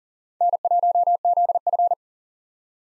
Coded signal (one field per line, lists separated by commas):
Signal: Morse code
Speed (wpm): 40 wpm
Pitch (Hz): 700 Hz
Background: none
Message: N1ZF